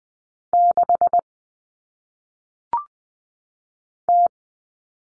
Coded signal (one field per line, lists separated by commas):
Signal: Morse code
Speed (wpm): 20 wpm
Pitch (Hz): 700 Hz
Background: none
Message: 6 T